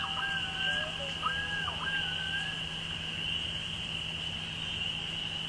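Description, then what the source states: Loon calls: mellow sliding tones with abrupt breaks and wavering pitch in the first few seconds, against a steady high-pitched frog chorus. With peepers.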